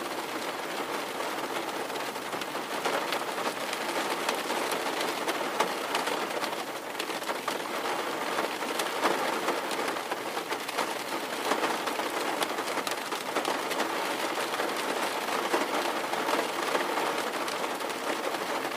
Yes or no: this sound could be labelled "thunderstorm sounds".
yes